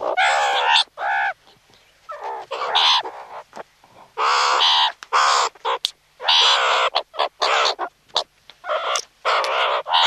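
Meerkat calls, raspy harmonic squawks given in irregular bursts, a few drawn out, others short, separated by brief silences.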